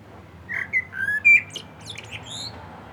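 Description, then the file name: Common blackbird song, a short run of low fluty whistles closing in faint high twittering. "Turdus merula"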